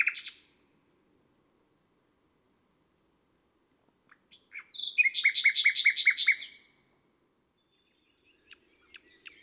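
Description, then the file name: Common nightingale song: a brief burst, a long silence, then a rapid string of repeated chattering notes and faint soft notes at the end. "Rossignol philomele"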